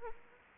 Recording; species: mosquito wingbeat signal from an infrared sensor; Anopheles arabiensis